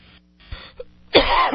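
After about a second of low room noise, a single loud, harsh cough from an adult man bursts out and carries rough, noisy sound to the end of the clip. It is one ordinary cough, close to a throat-clearing, caught on air by a radio host's open microphone with no cough button to mute it.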